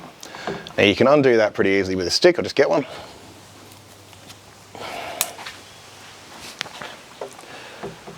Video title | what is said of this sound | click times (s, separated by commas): Sthyl 2 Stroke SH 86C Blower/Vac - Vac Pipe Attachment Issue and Solution | gets positioned over there and clicks over all right and you'll hear it click over there | 0.2 s